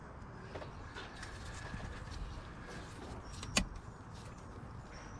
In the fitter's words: it's in there that lock locked if it wasn't in there that lock wouldn't